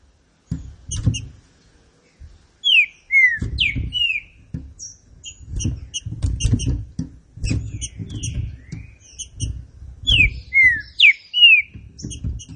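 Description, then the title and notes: Green-winged saltator song: loud slurred whistles falling in short three-note phrases, repeated twice, among rapid high chirps and low thumping knocks. Classic song style of the green-winged saltator, presented for training. "Canto Clássico Trinca Ferro TREINAMENTO. trinca fero"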